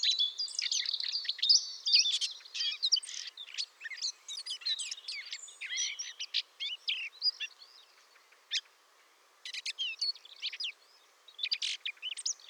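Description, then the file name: Eurasian blackcap singing a dense, chattering warble of quick mixed notes and brief whistles, growing sparser and pausing near the end before a final burst. "Sylvia atricapilla"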